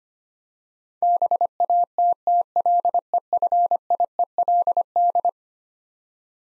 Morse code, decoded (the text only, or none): BATTLEFIELD